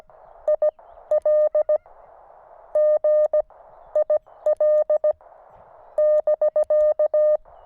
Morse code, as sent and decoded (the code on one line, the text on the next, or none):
.. .-.. / --. / .. .-.. / -...-.-
IL G IL <BK>